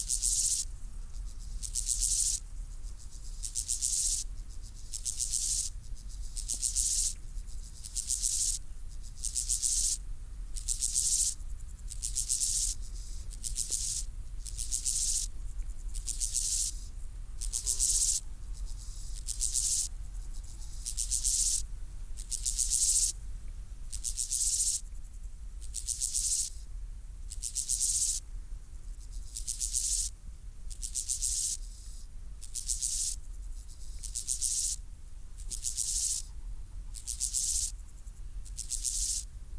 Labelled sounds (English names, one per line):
Steppe Grasshopper stridulation